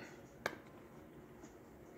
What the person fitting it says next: pops right in there